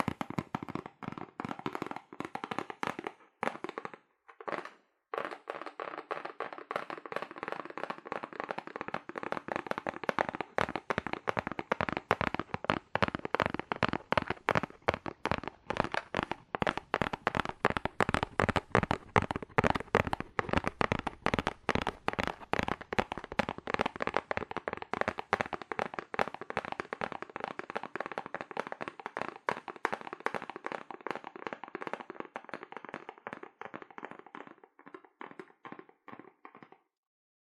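Fast, aggressive tapping on cardboard, a dense run of sharp dry knocks that starts after a brief pause, holds steady, then thins near the end.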